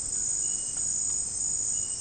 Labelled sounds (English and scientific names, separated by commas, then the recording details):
White-throated Toucan (Ramphastos tucanus)
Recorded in dense forest near Puerto Asís, Putumayo, Colombia, on 30 June 2025 at 18:00
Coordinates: 0.503, -76.323
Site G059